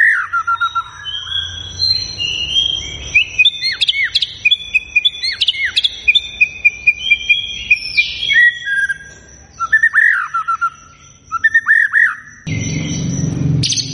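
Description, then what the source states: White-rumped shama song of sweet whistles, abrupt chips and rolling trills in quick succession, ending in a loud burst of rough noise, with a thin steady tone throughout. Lure song of a white-rumped shama singing actively, said to draw an immediate response.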